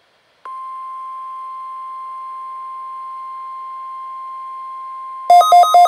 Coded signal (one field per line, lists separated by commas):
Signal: Emergency Alert System (SAME) tones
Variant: 1050 Hz attention tone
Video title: NOAA Weather Radio: Required Weekly Test on KWO37 (EAS #24)